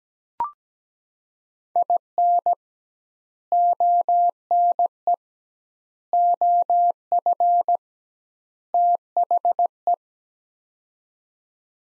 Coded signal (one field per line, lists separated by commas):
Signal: Morse code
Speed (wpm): 17 wpm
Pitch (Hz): 700 Hz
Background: none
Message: IN ONE OF THE